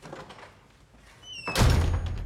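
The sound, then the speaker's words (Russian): An apartment's front door, closed by someone who has just taken off their shoes, swings shut with a brief squeak, then lands in a heavy, resonant thud that lingers with a low rumble. No one speaks. “Разувается, закрывает входную дверь.”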